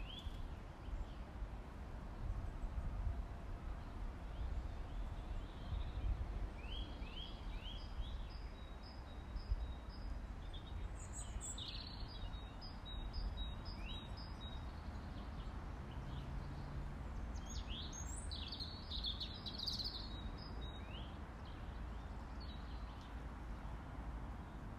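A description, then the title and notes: Birdsong along the woods: high, quick chirps and short trills come in clusters, busiest around the middle and again near the twentieth second. Underneath, a steady low rumble like wind or far traffic runs throughout without change. Birdsong along the woods by Gem River.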